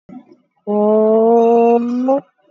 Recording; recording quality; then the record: sustained vowel as in boot; excellent, no background noise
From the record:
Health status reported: COVID-19 positive, mild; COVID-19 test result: positive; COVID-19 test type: RT-PCR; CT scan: not taken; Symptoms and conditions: cough, fatigue, loss of smell and taste, hypertension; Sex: female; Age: 48 years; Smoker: no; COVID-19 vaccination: none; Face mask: worn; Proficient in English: yes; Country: India